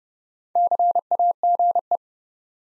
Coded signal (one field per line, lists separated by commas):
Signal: Morse code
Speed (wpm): 30 wpm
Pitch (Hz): 700 Hz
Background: none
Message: CAGE